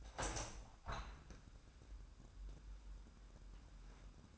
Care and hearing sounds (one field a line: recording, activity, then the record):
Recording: daily activity, microphone in the room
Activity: open window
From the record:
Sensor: 2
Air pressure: 997.8 hPa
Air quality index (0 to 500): 135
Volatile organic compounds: 3 ppm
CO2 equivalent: 1522 ppm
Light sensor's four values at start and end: 11/31/13/12 and 11/31/13/12